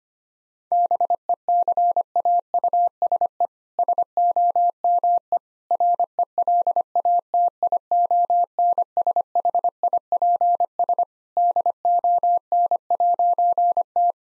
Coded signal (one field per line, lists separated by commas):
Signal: Morse code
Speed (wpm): 25 wpm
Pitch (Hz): 700 Hz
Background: none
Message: BECAUSE SOME RELATIONSHIPS DON'T